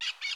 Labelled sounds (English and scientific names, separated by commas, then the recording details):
Brown-throated Parakeet (Eupsittula pertinax) contact call
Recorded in Curacao
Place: along powerline, near entrance of Santa Barbara resort
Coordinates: 12.068, -68.844